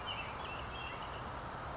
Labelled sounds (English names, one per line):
California Towhee